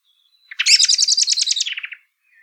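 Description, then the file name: Common blackbird chattering call, a fast run of scratchy, even notes that drops slightly in pitch toward the end, lasting about one and a half seconds. "Turdus merula"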